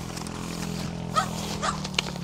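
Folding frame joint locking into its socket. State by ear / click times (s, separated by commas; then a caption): seated / 2.0 s. The second joint of a folding frame locks into its socket with a sharp click at 2.0 s, confirming it is seated. Before that, a steady low hum runs under two brief tonal chirps.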